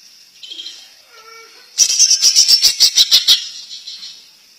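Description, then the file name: Greater green leafbird song: a few soft whistled notes, then a loud, fast burst of many high pulsed notes lasting around one and a half seconds. Champion (juara) competition bird. "kicau cucak ijo juara"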